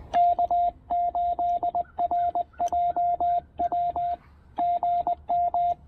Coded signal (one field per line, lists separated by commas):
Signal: Morse code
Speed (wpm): 20 wpm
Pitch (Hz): 690 Hz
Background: radio noise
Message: K8RJW GM